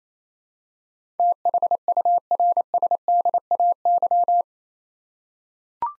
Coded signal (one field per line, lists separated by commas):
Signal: Morse code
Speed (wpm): 28 wpm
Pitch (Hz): 700 Hz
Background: none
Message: THURSDAY